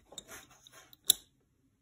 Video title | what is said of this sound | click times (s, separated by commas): The Mandalorian Xcoser Belt/Bandolier review | can hear that click | 1.1 s